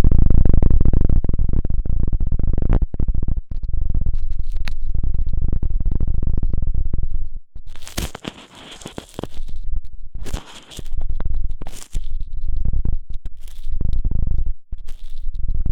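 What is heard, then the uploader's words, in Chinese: Ear-cleaning sounds: a dense, low rumbling rush for the first seven seconds, then bright, scratchy bursts of scraping and crackling arriving in irregular clusters. 3D颅内直升机 穿过大脑的强力掏耳。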